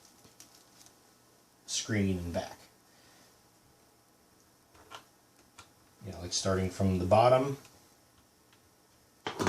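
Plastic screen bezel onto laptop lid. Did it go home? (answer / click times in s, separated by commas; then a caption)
yes / 9.3 s. A plastic screen bezel is pressed onto the lid of an Acer Aspire 7736Z-4088 laptop, starting from the bottom, while someone talks and a few faint taps are heard. A sharp snap at 9.3 s marks the tabs seating; the fit was a little tight, so all the tabs need to be checked that they are snapped in place.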